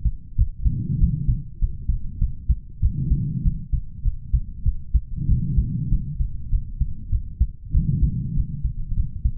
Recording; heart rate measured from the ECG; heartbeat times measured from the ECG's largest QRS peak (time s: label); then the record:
heart sounds by stethoscope; 98 bpm
0.36 s: heartbeat
0.99 s: heartbeat
1.59 s: heartbeat
2.19 s: heartbeat
2.80 s: heartbeat
3.43 s: heartbeat
4.03 s: heartbeat
4.63 s: heartbeat
5.27 s: heartbeat
5.89 s: heartbeat
6.50 s: heartbeat
7.10 s: heartbeat
7.72 s: heartbeat
8.34 s: heartbeat
8.94 s: heartbeat
From the record:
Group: healthy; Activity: rest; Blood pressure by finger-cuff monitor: 118/78 mmHg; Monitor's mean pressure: 90 mmHg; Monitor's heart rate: 97 bpm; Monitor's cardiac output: 7.3 L/min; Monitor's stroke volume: 75 mL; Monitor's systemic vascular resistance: 910 dyn s/cm5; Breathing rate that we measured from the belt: 26 breaths a minute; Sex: male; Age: 20 years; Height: 187 cm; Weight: 68.9 kg